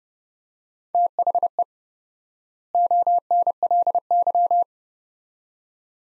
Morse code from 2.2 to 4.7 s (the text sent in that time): ONLY